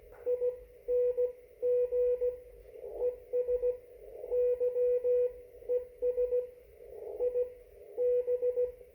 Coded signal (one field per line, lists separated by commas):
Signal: Morse code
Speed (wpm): 16 wpm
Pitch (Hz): 490 Hz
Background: radio noise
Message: ING ES YES I B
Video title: 1 watt CQ and CW (Morse code) ham amateur radio conversation 2020-11-24, 17:07 UTC